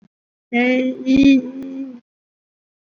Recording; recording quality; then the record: sustained vowel as in beet; moderate, slight background noise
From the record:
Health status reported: COVID-19 positive, mild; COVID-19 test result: positive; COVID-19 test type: RT-PCR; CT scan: not taken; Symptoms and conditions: cough, sore throat, fever, fatigue, hypertension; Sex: female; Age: 50 years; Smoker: no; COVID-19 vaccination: one dose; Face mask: worn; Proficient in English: no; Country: India